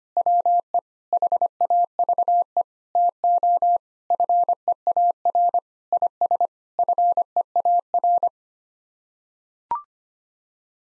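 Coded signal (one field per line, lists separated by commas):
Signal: Morse code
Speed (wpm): 25 wpm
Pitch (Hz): 700 Hz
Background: none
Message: WE HAVE TO FEAR IS FEAR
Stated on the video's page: Morse head-copy drill of common nine-word English groups at 25 wpm.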